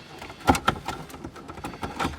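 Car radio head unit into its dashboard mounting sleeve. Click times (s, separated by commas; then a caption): 0.7 s. A car radio head unit slides into its dashboard mounting sleeve with a series of scraping and knocking sounds. It clicks into place at 0.7 seconds with a sharp snap, and the unit is seated. Smaller knocks follow as it settles.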